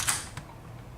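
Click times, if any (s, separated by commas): none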